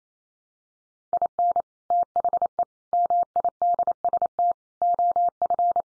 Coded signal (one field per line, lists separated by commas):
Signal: Morse code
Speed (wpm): 28 wpm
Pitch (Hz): 700 Hz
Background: none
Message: IN THE MIDST OF